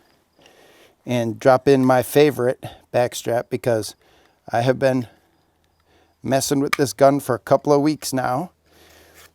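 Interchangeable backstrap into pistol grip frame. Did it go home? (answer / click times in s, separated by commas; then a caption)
no / none. Someone talks while handling a Springfield Echelon 9mm pistol, dropping a replacement polymer interchangeable backstrap onto the pistol grip frame to press it home. Only faint handling ticks, near 0.5 s and 5.6 to 5.8 s, are heard between the talking. Nothing has seated or clicked yet.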